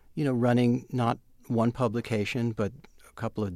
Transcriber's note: none